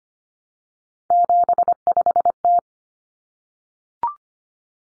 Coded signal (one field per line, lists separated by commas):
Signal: Morse code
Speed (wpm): 25 wpm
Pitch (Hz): 700 Hz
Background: none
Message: 75T